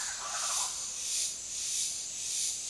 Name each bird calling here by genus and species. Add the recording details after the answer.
Ortalis guttata. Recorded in dense forest near Puerto Asís, Putumayo, Colombia, on 20 February 2024 at 07:30. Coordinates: 0.502, -76.326. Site G6460